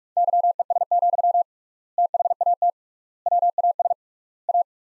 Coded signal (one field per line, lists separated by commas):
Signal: Morse code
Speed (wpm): 46 wpm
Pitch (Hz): 700 Hz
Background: none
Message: YES, THAT WAS A